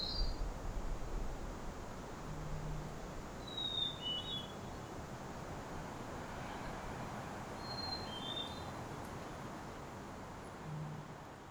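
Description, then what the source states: Hermit thrush song: two short, high, fluty phrases about four seconds apart, each a clear opening note followed by quick fluttering notes, over a steady low rushing noise. Recorded at Ucluelet Lighthouse.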